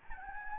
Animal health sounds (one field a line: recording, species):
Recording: mosquito wingbeat signal from an infrared sensor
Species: Anopheles gambiae